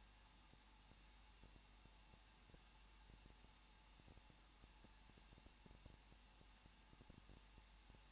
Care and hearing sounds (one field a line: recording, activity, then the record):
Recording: daily activity, microphone in the room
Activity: no activity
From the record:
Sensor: 1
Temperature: 20.1 degrees Celsius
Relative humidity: 39.1%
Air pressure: 1006.5 hPa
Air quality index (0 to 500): 216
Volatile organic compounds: 72 ppm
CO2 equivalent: 3541 ppm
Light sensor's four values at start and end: 1/2/1/1 and 1/2/1/1